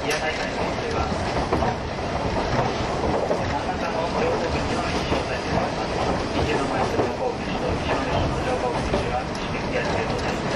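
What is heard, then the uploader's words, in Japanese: Running sound of an old-style local passenger train hauled by an E10 locomotive with vintage coaches. A dense, steady rumble and rattle fills the clip at an even level, with faint clicks and knocks scattered throughout and murmuring voices mixed in. 大鐵E10形+旧型客車 大井川本線普通。往年の普通＂客車列車＂の列車走行音。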